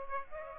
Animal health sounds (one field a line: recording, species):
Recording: mosquito wingbeat signal from an infrared sensor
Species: Aedes aegypti